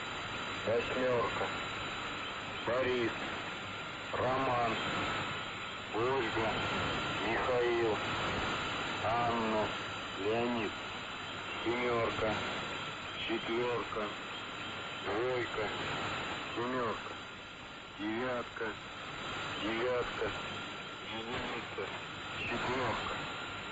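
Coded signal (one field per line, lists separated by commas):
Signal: numbers station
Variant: UVB-76, Russian voice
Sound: a voice reading short, evenly spaced words through shortwave hiss with a faint steady tone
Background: radio static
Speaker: sometimes the buzzing will stop and a person will read a mixture of numbers and names and Russian these coded messages are not pre-recorded but read out live on air one recorded broadcast was caught before Christmas of 1997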